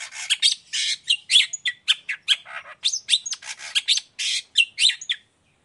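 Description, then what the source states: Long-tailed shrike song: fast, continuous scratchy chatter of harsh notes with brief whistled inserts, ending abruptly in silence. Chatty (gacor) cendet singing in the morning, 'toet toet' variation, clear voice, full variation; tutor recording easy for any cendet to imitate.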